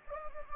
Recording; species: mosquito wingbeat signal from an infrared sensor; Anopheles gambiae